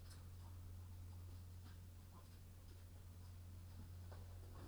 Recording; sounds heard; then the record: poultry house recording; sick chickens (respiratory disease)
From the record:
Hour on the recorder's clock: 21